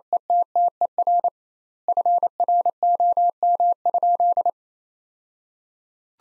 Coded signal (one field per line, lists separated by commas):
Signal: Morse code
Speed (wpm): 28 wpm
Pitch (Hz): 700 Hz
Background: none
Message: ETTER FROM?